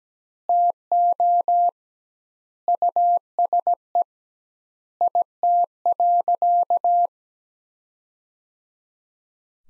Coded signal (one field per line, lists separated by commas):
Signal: Morse code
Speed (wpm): 17 wpm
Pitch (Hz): 700 Hz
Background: none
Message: TO USE IT.